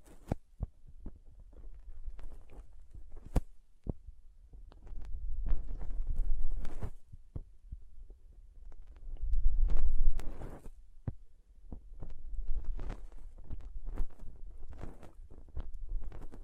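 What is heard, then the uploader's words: Soft, squishy handling sounds with sticky little pops and crinkles, made up of many short sharp clicks scattered irregularly throughout. Low, muffled swells rise around five to seven seconds and again near ten seconds, with quieter stretches of faint ticks in between. Soft Squishy Sticky, Crinkle, Cutting Sounds.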